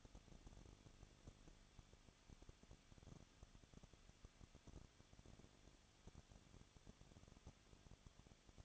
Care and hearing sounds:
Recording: daily activity, microphone in the room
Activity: no activity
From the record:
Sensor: 4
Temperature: 23.0 degrees Celsius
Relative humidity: 34.6%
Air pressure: 1007.2 hPa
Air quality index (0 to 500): 215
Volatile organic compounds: 15 ppm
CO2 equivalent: 2490 ppm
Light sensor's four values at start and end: 2/3/1/1 and 2/3/1/1

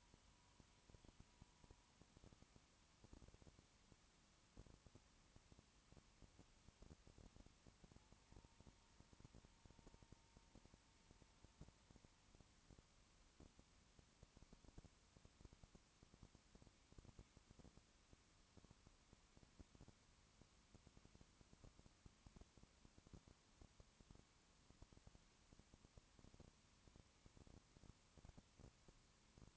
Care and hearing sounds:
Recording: daily activity, microphone in the room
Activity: no activity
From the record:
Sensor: 1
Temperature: 19.2 degrees Celsius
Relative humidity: 37.8%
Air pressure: 1001.1 hPa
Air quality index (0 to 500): 197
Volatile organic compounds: 7 ppm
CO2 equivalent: 1990 ppm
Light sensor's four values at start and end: 1/2/1/1 and 1/2/1/1

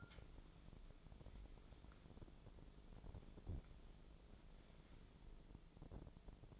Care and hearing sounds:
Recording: daily activity, microphone in the room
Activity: wipe stove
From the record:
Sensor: 5

